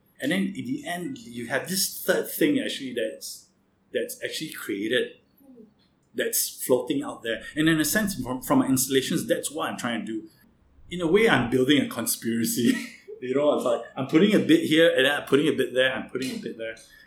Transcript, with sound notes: And then in the end you have this third thing that’s actually created—that’s floating out there, and in a sense, for my installations, that what I’m trying to do. In a way I’m building a conspiracy, (laughs) you know, I’m putting a bit here, and then I’m putting a bit there, I’m putting a bit there.